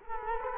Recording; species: mosquito wingbeat signal from an infrared sensor; Culex quinquefasciatus